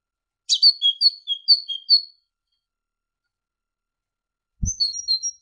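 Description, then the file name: Great tit song, a high two-note phrase falling in pitch, repeated several times in a quick row, with a short, similar phrase after a pause. Masteran, a training recording for songbirds. "suara masteran great tit"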